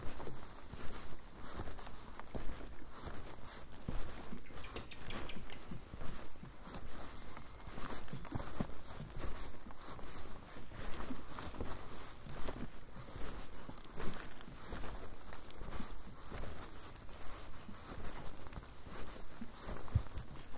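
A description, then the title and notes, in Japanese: Footsteps crunch steadily along a mountain trail on a summer evening, quick, with rustling between steps throughout. A faint, even insect drone sits high behind the walking, and a thin, brief call appears around the middle. 景信山・高尾山 - VOICE OF MOUNTAIN。夏の夕方、景信山から高尾山を歩いたときにステレオマイクで収録した音声です。夕方らしい虫や鳥の声と山をただ無心で歩いています。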